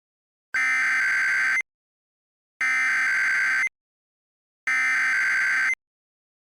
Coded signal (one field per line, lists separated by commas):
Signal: Emergency Alert System (SAME) tones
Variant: header bursts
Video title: EAS Mock: A Astronomical Disaster